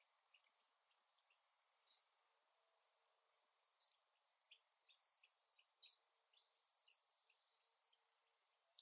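Bird calls: a steady stream of high, thin whistled notes, some slurred downward, some trilled, delivered almost without pause.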